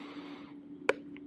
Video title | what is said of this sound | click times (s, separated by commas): How to Connect and Sync Laerdal Megacode Kelly Advanced with Simpad and EKG Monitor Defibrillator? | and I hear the snap. | 0.9 s